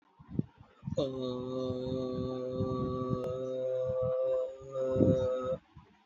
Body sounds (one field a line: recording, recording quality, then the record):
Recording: sustained vowel as in made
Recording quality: excellent, no background noise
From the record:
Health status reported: healthy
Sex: male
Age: 32 years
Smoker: no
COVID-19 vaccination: one dose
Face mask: not worn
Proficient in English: yes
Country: India